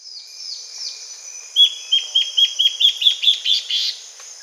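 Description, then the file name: Bird calls: soft descending notes, then a quick run of about a dozen bright chipping notes that climb slightly in pitch, over a steady high-pitched hiss. "SABIOD 50 bird 2015"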